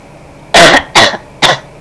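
Three short, harsh, dry cough bursts in under two seconds from an adult, each sharp at onset and fading quickly, with a quiet room in between. It is an acted cough, with no wheeze or rattle.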